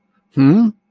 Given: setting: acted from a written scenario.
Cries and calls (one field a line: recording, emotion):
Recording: vocal sound without words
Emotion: interest